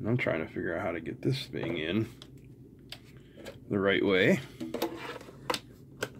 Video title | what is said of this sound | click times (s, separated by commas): Kaiweets E21 Electronic Screwdriver Kit Unboxing | clicks right in so that is a nice carry case | 5.5 s, 6.0 s